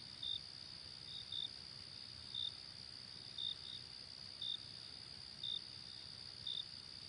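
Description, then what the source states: Cricket chirping in high bursts near once per second, occasionally paired, over a steady insect chorus drone. Night ambience.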